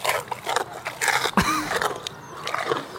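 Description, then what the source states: Tapir feeding, with wet smacking, clicking and crunching bursts at an uneven pace. Played example: feeding sounds of a tapir, which uses its nose to help while eating and has even worse table manners than an armadillo; lives in South America.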